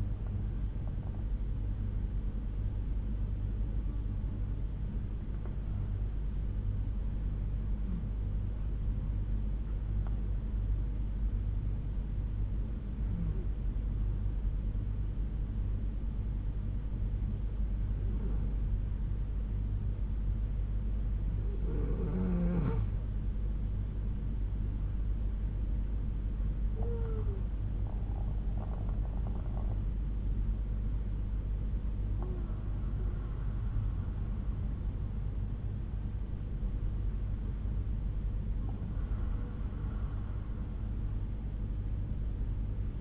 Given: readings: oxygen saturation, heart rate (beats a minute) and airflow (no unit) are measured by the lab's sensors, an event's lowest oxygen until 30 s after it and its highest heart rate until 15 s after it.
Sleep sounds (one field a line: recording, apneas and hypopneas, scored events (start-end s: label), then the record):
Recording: breathing in sleep by a smartphone at the bedside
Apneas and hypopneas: 1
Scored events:
4.00-22.80 s: hypopnea (N2, oxygen 96% highest, then 92% lowest, heart rate 62 at the start, 71 highest)
From the record:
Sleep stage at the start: N2 (light sleep)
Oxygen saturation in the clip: 89 to 96%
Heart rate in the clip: 60 to 71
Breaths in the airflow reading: 8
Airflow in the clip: -4.6 to 6.5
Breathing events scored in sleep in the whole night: 368 in 8.0 hours asleep